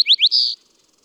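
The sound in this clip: Bird song with a few fast upslurred chirps and a drawn-out note, followed by quiet.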